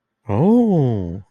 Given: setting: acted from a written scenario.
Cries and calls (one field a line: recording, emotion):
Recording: vocal sound without words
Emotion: awe